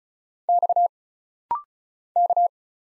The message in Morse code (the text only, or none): X K